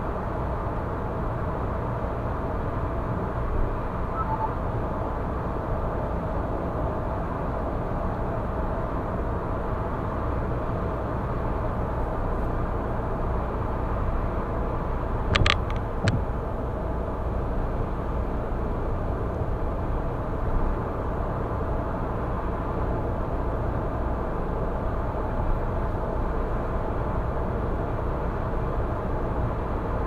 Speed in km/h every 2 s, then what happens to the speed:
105, 105, 105, 105, 105, 105, 104, 104, 104, 104, 105, 105, 105, 105, 105.
0-30 steady at about 105.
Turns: none.